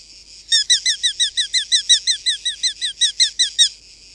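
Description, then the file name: Eurasian hobby giving a long, steady run of many piercing, downslurred kew notes. "Larkfalk"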